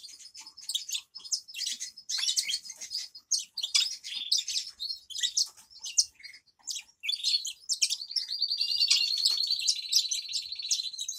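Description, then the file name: Grass parakeets in busy high chatter that settles into a sustained buzzy trill toward the end. "travyanye popugaiciki"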